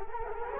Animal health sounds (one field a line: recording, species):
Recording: mosquito wingbeat signal from an infrared sensor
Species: Culex quinquefasciatus